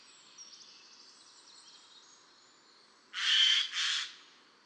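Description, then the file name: Eurasian jay giving two harsh, rasping screeches back to back near the end, after a quiet stretch. "Garrulus glandarius"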